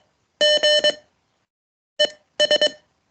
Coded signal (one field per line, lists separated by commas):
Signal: Morse code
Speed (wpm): 19 wpm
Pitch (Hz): 590 Hz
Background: none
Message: G ES